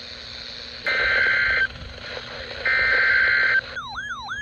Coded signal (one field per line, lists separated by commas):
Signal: Emergency Alert System (SAME) tones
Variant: header bursts